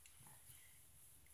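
A plastic dome light lens cover is handled and lined up on its tabs against the interior ceiling light housing of a car. A brief faint tap at about 0.1 s sits over a steady low hum. Nothing has seated or snapped into place yet.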